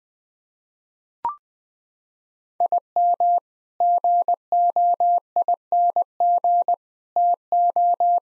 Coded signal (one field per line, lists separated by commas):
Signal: Morse code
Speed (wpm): 20 wpm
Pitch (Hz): 700 Hz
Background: none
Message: IM GOING TO